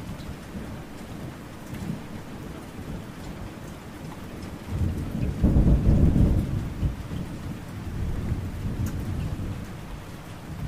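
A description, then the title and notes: Rain falls steadily outdoors, a dense hiss with scattered drops ticking against surfaces. A deep roll of thunder swells around the fifth second, peaks near six, and fades slowly, leaving low rumbling beneath the constant downpour for the rest of the clip. Rain Outside the Yawning Portal: Urban Fantasy Soundscape.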